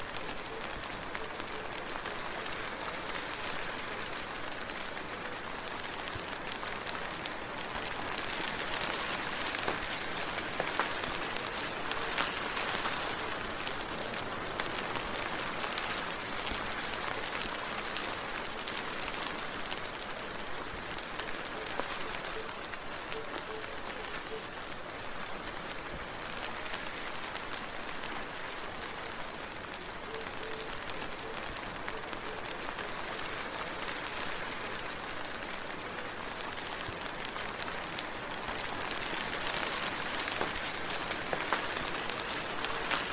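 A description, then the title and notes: Gentle rain falls steadily, a dense, even patter of countless small drops with a soft hiss on top. The level holds almost constant throughout, swelling slightly brighter around ten seconds and again near forty, with no other sounds breaking through. Gentle Rain Sounds. Calm and Relaxing Rainstorm.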